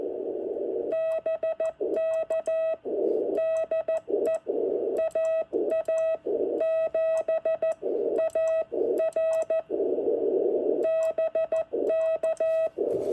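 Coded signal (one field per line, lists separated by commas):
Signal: Morse code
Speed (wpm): 15 wpm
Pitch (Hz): 630 Hz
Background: none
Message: BK DE AA7AR BK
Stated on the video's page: CW contact at 2 watts to Canada using a NorCal Sierra transceiver.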